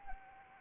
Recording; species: mosquito wingbeat signal from an infrared sensor; Anopheles arabiensis